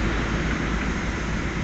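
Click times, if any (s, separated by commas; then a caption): none. A clutch release component is lined up by hand with the release assembly of a Subaru WRX manual transmission during a clutch change. Only a steady, broadband background rush is heard, with no sharp sounds. Nothing has seated or clicked yet.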